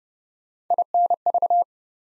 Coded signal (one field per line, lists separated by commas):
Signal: Morse code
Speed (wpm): 30 wpm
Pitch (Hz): 700 Hz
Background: none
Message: INV